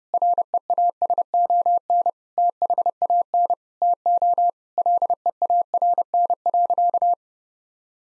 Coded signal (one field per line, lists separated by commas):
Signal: Morse code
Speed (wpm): 30 wpm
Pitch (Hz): 700 Hz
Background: none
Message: REASON THAN TO LEARN.